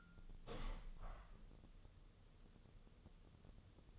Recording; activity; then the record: daily activity, microphone in the room; open window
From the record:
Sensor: 4